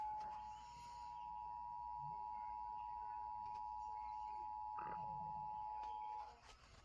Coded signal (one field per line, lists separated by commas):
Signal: Emergency Alert System (SAME) tones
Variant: 853 and 960 Hz attention tone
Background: speech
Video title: old Illinois eas test vs new Illinois eas test verdict in 8k.